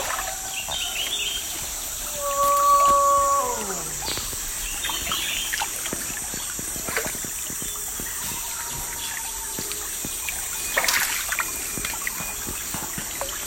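A walk through a rubber garden in remote forest, with a steady high whine of insects throughout and scattered soft crackles and steps. Around two to four seconds a clear tone holds, then slides downward, and a brief rustling burst comes near eleven seconds.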